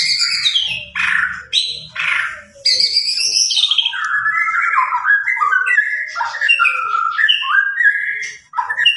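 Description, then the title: White-rumped shama singing a varied sequence of full whistles and warbled phrases, some high and sweeping, others lower and fluttering, almost without pause. White-rumped shama singing vigorously; lure recording meant to make the bird respond. "PANCINGAN MURAI BATU GACOR"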